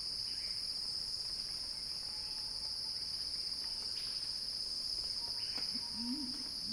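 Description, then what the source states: Cicada singing a level, sustained high whine, joined near the end by a brief low warbling call. Cicada song described as a crescendo, recorded by Axel Drioli.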